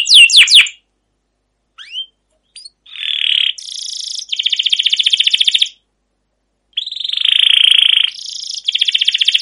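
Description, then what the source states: Canary song in bursts: a few slurred notes, silence, then buzzy rattling trills and steady pulsed phrases separated by short pauses. Canary giving a long, energetic rolling chirping song (masteran) used to prompt other canaries to sing.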